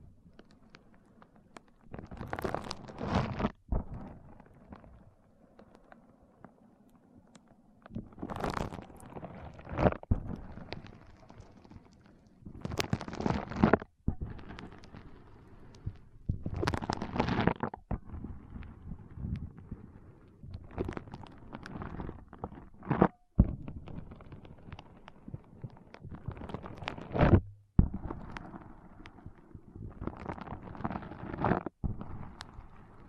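Foam is squeezed and rubbed in bursts of rough, crackling scrunching, each lasting a second or two, with short pauses between. The rubbing comes back every few seconds throughout, sometimes ending in a sharp click or tap, over a low, quiet hum.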